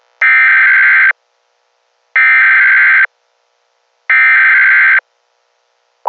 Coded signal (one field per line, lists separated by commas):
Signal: Emergency Alert System (SAME) tones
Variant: header bursts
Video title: EAS scenario: Reanimation Syndrome (zombie apocalypse)